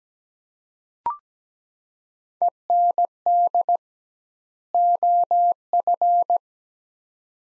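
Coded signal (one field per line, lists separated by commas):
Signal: Morse code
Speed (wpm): 17 wpm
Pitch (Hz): 700 Hz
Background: none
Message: END OF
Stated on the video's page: Morse practice drill of two-word sets at 17 wpm with double word spacing, a word-based approach analogous to Farnsworth.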